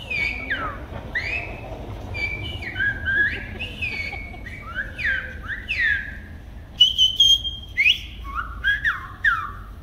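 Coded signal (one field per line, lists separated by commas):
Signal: whistled language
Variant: Silbo Gomero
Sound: loud piercing whistles gliding up and down in pitch, phrase-like bursts with short pauses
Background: outdoor wind rumble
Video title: Silbo Gomero demonstration - 1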